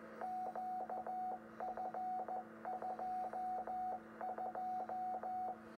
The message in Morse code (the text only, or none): QF22